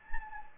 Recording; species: mosquito wingbeat signal from an infrared sensor; Anopheles gambiae